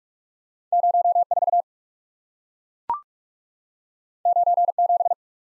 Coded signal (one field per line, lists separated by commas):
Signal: Morse code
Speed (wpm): 44 wpm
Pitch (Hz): 700 Hz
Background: none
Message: 04 97